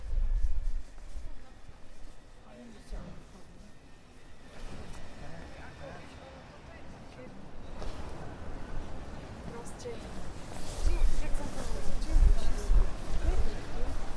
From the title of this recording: Prague walk from Castle to Charles bridge & both towers